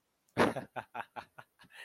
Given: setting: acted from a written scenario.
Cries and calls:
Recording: vocal sound without words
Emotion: amusement

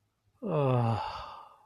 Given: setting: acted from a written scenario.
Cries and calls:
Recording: vocal sound without words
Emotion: ecstasy

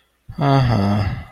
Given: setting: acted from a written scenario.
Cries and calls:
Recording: vocal sound without words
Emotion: shame

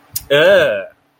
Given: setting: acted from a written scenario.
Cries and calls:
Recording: vocal sound without words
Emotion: disgust

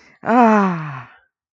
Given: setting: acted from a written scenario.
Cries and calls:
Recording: vocal sound without words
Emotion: ecstasy

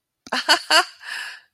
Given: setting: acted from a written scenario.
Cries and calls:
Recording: vocal sound without words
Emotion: amusement

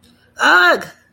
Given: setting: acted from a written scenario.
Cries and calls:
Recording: vocal sound without words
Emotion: anger

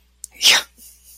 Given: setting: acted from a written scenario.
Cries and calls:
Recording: vocal sound without words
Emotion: realization

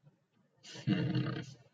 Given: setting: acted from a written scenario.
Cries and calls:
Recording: vocal sound without words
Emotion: guilt

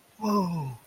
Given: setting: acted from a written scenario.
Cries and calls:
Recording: vocal sound without words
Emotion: positive surprise

